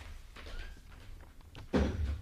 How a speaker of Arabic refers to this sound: اقفل الباب وراك